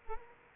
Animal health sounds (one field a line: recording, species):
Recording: mosquito wingbeat signal from an infrared sensor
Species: Culex quinquefasciatus